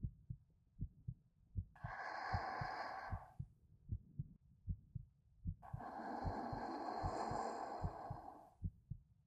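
Steady paired heartbeat thumps from an adult woman's heart, about 80 a minute, with two slow breaths heard over them; the heart is pounding and won't stop.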